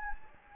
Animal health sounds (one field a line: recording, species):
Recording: mosquito wingbeat signal from an infrared sensor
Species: Anopheles gambiae